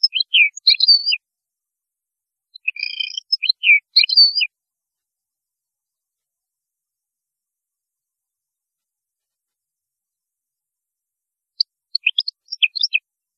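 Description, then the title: European goldfinch song: bright, high twittering phrases of quick tinkling notes at the start, again near three to four seconds, and a final burst near twelve seconds, with silent gaps. "Chant Chardonneret"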